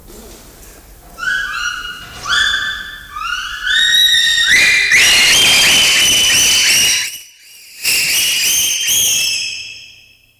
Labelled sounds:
Bonobo

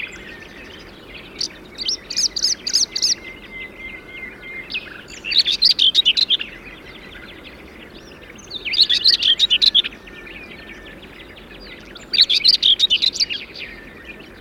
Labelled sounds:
Common Whitethroat

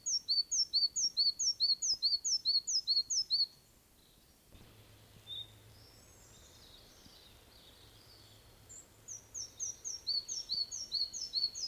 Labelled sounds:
Red-breasted Flycatcher song

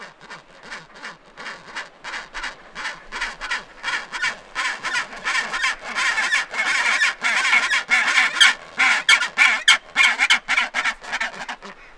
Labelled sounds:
Chinstrap Penguin call

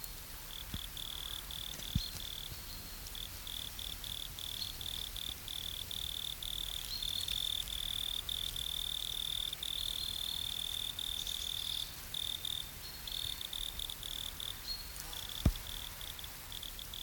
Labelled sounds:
Wood Cricket stridulation

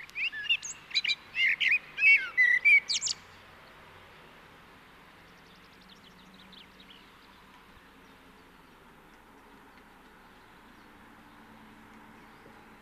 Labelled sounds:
Common Blackbird song

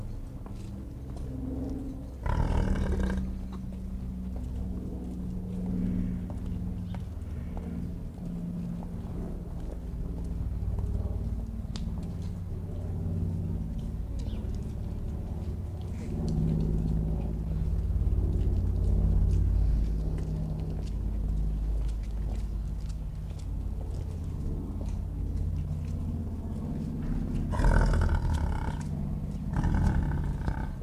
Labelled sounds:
European Bison call

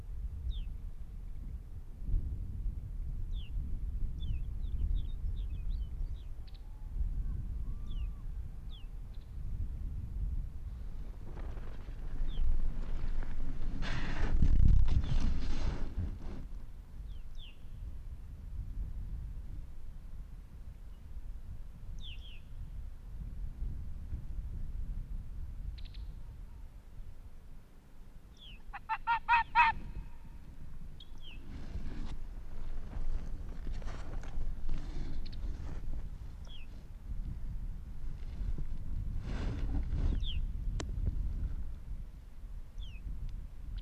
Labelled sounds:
Arctic Fox

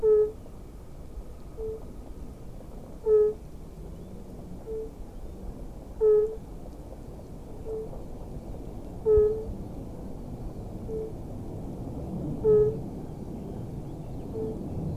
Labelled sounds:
Fire-Bellied Toad call

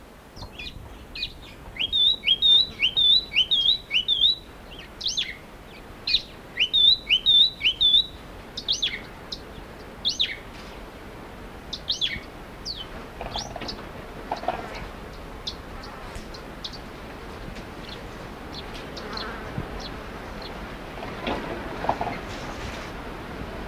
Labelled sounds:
Capped Wheatear song

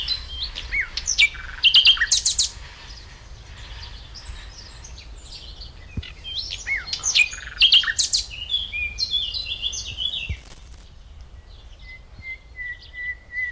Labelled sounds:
Common Nightingale song

